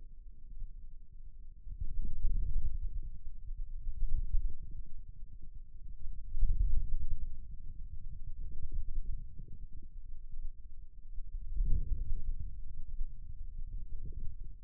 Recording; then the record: forearm muscle sounds (acoustic myography)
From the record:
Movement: inward rotation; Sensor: system 2, bracelet of six BSWA MPA416 microphones around the upper forearm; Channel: 4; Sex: male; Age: 22 years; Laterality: right